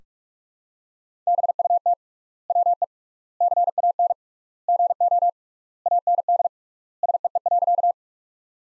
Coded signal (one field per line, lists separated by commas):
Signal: Morse code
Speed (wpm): 42 wpm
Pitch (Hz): 700 Hz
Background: none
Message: BUT WE CAN GO AND SEE.